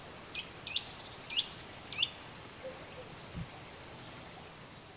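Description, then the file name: Eurasian nuthatch giving three brief rising call notes spaced about two-thirds of a second apart, followed by quiet with a soft low thump. "Sitta europaea"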